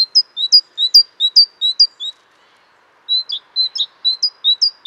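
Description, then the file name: Great tit song: clear two-note phrases alternating a higher and a lower note, repeated rapidly in two bursts separated by a short pause. "Mesange charbonniere chants"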